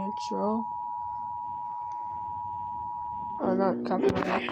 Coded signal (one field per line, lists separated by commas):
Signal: Emergency Alert System (SAME) tones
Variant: 853 and 960 Hz attention tone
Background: speech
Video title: EAS TOR Another One